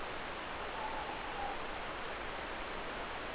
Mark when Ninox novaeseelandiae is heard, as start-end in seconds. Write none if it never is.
0.61-1.65